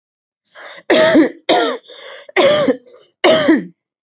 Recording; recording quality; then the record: heavy voluntary cough; excellent, no background noise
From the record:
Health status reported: respiratory illness, not identified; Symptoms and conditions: asthma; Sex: female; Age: 23 years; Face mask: not worn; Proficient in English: yes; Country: India